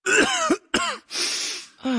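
Acted groaning followed by one rough, harsh throat-clearing cough from a man.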